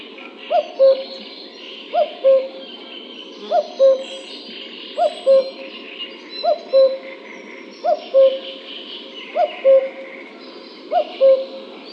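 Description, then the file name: Common cuckoo calling: a clear two-note cu-coo, the second note lower, repeated about every one and a half seconds, with softer songbirds chirping behind. "Cuculo"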